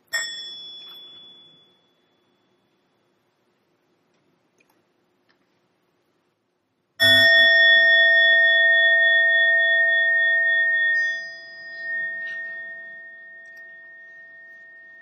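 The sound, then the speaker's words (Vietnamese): A temple bell is struck twice for meditation: a first ring fades within two seconds, then after a silence a louder strike hums with a long, sustained metallic tone before dying away. “Lắng lòng nghe tiếng chuông huyền diệu đưa về nhất tâm.”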